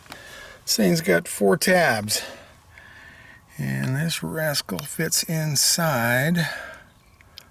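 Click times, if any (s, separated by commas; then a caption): 7.2 s, 7.4 s. Someone talks while a plastic trim cover held by four tabs is pressed onto a vehicle body panel. Two sharp, short clicks follow at 7.2 s and 7.4 s as the tabs snap in, seating the cover in place.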